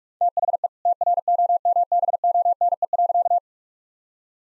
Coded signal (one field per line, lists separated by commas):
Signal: Morse code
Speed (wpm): 46 wpm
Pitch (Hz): 700 Hz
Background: none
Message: THE TROMBONE.